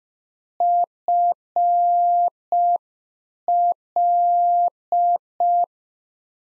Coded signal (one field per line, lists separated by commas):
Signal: Morse code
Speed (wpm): 5 wpm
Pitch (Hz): 700 Hz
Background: none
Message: FL